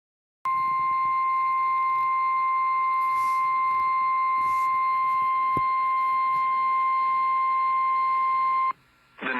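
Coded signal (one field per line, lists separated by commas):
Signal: Emergency Alert System (SAME) tones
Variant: 1050 Hz attention tone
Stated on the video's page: Flash Flood Warning for Shreveport carried on AM 1240 and FM 104.9 broadcast stations.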